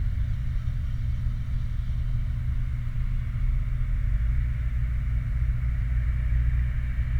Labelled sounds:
vehicle
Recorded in the Prudhoe Bay oil fields, Alaska, on 29 July 2019 at 00:07
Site 29

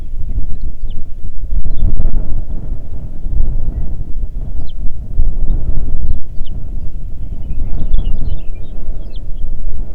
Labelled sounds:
songbird, wind
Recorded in the Arctic National Wildlife Refuge, Alaska, on 3 June 2019 at 05:07
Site 37

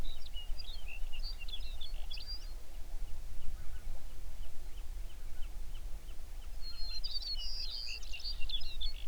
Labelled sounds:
songbird
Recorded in the Prudhoe Bay oil fields, Alaska, on 11 June 2019 at 05:22
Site 21

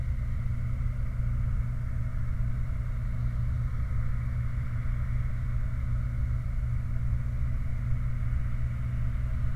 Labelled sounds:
machinery, flare stack
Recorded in the Prudhoe Bay oil fields, Alaska, on 29 July 2019 at 04:45
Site 29

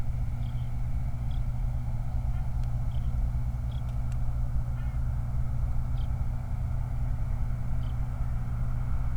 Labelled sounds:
songbird, vehicle
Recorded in the Prudhoe Bay oil fields, Alaska, on 29 July 2019 at 04:13
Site 29

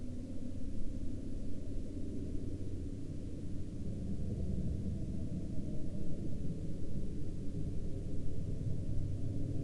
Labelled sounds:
aircraft
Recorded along the Dalton Highway, Alaska, on 13 April 2019 at 16:28
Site 10

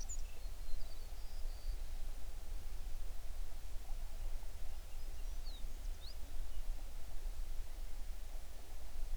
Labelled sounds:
songbird
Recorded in the Prudhoe Bay oil fields, Alaska, on 11 June 2019 at 05:43
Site 21

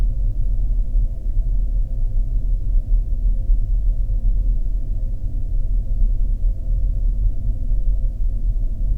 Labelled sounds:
machinery, flare stack
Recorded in the Arctic National Wildlife Refuge, Alaska, on 3 September 2019 at 09:50
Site 48

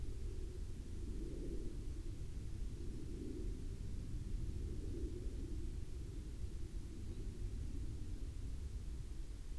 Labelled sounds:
aircraft
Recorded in the Prudhoe Bay oil fields, Alaska, on 18 May 2021 at 01:49
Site 17

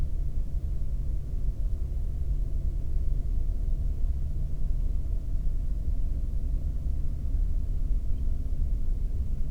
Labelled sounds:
man-made sound
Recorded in the Prudhoe Bay oil fields, Alaska, on 22 May 2019 at 00:31
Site 19

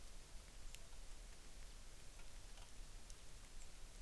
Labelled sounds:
rain
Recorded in the Arctic National Wildlife Refuge, Alaska, on 3 August 2019
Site 33

